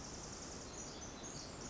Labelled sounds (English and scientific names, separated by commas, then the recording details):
Pacific Wren (Troglodytes pacificus)
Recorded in Sonoma County, California